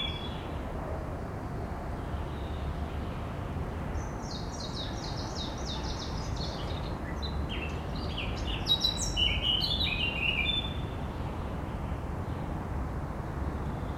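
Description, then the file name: Eurasian blackcap song: a quick run of chattering notes, then a louder, varied burst of bright, warbling phrases, over steady low rumbling noise. "Sylvia atricapilla"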